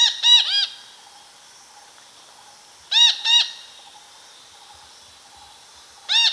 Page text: Red-Breasted Parakeet Calls. Quick Sounds